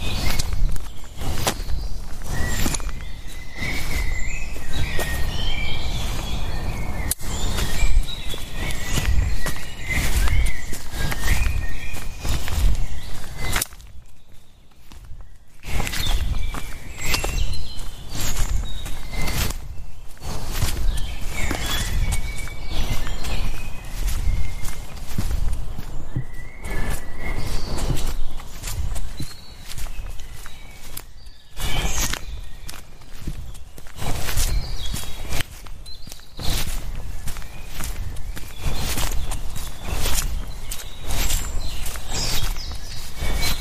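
A walk in the forest with a dog: footsteps crunch steadily and densely on the ground almost throughout, with brief pauses near 15 and 31 seconds. Bird calls chirp and twitter above the steps, frequent and scattered across the whole walk.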